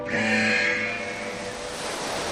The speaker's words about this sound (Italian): Le senti, K? Le onde del mare. Soffro di allucinazioni sonore, mi sa. Perché... No, Drago, sono onde, però onde di guano.